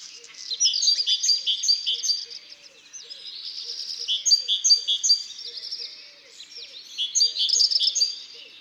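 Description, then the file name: Great tit singing, rapid repeated high phrases in a bright rhythm, with short lulls between bouts. Recorded in Isère, France. "Mesange-charbonniere-Concerts-naturels-de-l Isere-Studio-Les-Trois-Becs"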